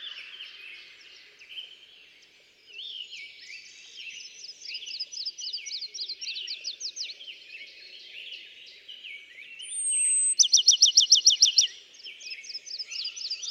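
Bachman's sparrow song: a pure whistle that slides down, then a loud, rapid, even trill, over a busy background of other chirping birds.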